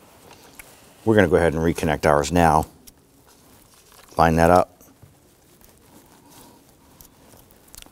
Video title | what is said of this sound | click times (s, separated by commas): How to Replace Camshaft Position Sensor 2011-2019 Ford Explorer | Push it on and you can feel it snap into place. | 7.7 s, 7.8 s